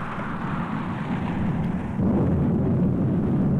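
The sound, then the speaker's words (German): A deep, continuous rumble of thunder rolls without pause, swelling noticeably louder about halfway through and staying heavy to the end, with no voices over it. “Es donnert und die Häute kriechen herum, als wären sie lebendig.”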